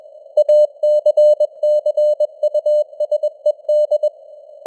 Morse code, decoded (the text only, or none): ACCUSED